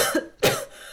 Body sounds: coughing mixed with background sound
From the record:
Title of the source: Coughing Woman Sound - Woman Cough Sound Effect

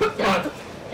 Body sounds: coughing mixed with background sound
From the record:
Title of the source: Barking cough - # 10

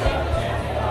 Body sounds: background sound without coughing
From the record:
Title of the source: CITY SOUNDS Busy Bar in the Evening Night - 2 HOURS of Ambiance for Relaxation

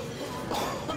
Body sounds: coughing mixed with background sound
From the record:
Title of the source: Spring Allergy Coughing

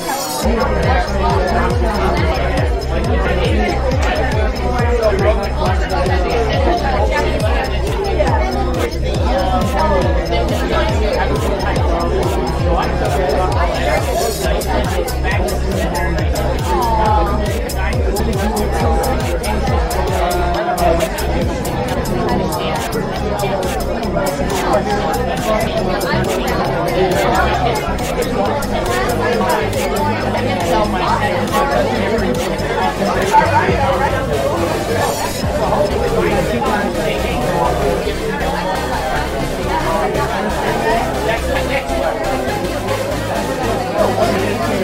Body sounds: background sound without coughing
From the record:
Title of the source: Nightlife Party Simulating Party Club Noise 1 Hour

